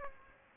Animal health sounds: mosquito wingbeat signal from an infrared sensor; Aedes aegypti

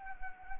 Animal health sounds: mosquito wingbeat signal from an infrared sensor; Anopheles arabiensis

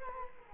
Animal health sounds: mosquito wingbeat signal from an infrared sensor; Culex quinquefasciatus

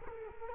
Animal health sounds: mosquito wingbeat signal from an infrared sensor; Culex quinquefasciatus

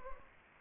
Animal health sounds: mosquito wingbeat signal from an infrared sensor; Anopheles gambiae

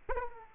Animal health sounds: mosquito wingbeat signal from an infrared sensor; Aedes aegypti

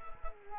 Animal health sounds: mosquito wingbeat signal from an infrared sensor; Culex quinquefasciatus

